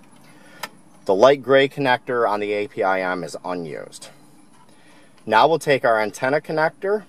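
The black USB cable plug is pushed into the black connector on the back of the head-unit module of a 2015 Ford Focus during a SYNC 2 to SYNC 3 upgrade. One loud, short plastic click at 0.6 s shows the plug seating. Someone then talks.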